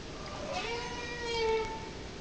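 Whale tonal call: a drawn-out, moaning harmonic note that holds level for about a second before fading, over faint background hiss.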